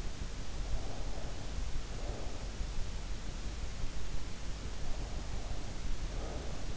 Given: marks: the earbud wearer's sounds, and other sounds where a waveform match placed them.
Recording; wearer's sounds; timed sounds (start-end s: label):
sounds in sleep by an in-ear microphone; breath
0.57-2.62 s: breath
4.81-6.76 s: breath